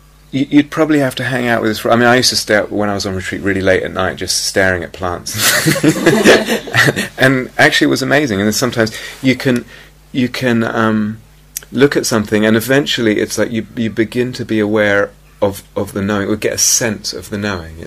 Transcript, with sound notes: You'd probably have to hang out with this for -- I mean, I used to stay up when I was on retreat really late at night, just staring at plants. [laughter] And actually, it was amazing. And then sometimes you can look at something, and eventually it's like you begin to be aware of the knowing, or would get a sense of the knowing.